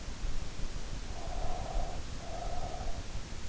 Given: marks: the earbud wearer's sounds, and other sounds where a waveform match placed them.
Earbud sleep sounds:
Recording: sounds in sleep by an in-ear microphone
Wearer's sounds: breath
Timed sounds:
1.07-3.23 s: breath

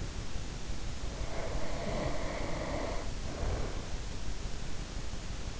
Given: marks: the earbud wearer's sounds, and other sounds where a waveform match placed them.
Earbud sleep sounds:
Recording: sounds in sleep by an in-ear microphone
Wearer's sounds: breath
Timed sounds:
1.13-3.93 s: breath

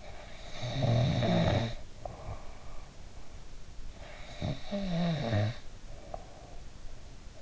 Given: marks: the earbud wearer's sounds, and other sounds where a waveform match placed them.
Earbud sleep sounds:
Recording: sounds in sleep by an in-ear microphone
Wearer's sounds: snoring breath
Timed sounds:
0.00-3.45 s: snoring breath
3.84-6.65 s: snoring breath

